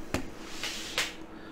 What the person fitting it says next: Ça clipse sur la petite barrette.